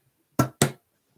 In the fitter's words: right? Have it clicked in place,